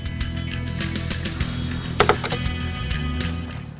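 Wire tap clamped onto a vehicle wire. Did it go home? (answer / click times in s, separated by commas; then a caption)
yes / 2.0 s. A plastic wire tap on the brown/yellow wire of a 2015-2016 F-150, being fitted for a Raptor-style grille lighting kit, is squeezed shut with pliers. A sharp, loud snap at 2.0 s marks the tap closing and seating, followed by a smaller tap just after. Background music plays throughout.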